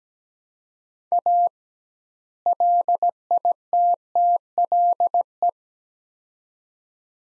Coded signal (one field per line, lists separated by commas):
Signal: Morse code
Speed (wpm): 17 wpm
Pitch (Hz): 700 Hz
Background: none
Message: A LITTLE